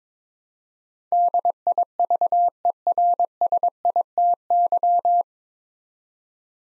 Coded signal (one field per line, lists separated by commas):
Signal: Morse code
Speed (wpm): 22 wpm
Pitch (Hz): 700 Hz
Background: none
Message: DIVERSITY